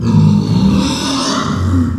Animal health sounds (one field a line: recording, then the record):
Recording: squeal of a Yucatan mini pig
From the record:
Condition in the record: after surgery on the right vocal fold (resection and tissue-engineered implant)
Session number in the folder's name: 13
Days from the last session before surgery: 113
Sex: female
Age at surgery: 19 weeks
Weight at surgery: 25 kg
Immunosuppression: prednisolone